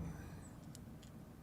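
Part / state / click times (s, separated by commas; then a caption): small plastic piece into a slot on a toy vehicle / not seated / none. A small plastic piece is pushed into its slot on a small plastic toy vehicle during an unboxing. Over a low steady background, only two faint, brief high ticks are heard near 0.8 and 1.0 seconds. The piece fits but does not lock in, and nothing has clicked or latched.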